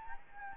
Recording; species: mosquito wingbeat signal from an infrared sensor; Anopheles gambiae